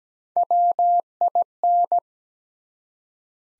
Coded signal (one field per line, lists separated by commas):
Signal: Morse code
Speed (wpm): 17 wpm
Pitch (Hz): 700 Hz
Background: none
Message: WIN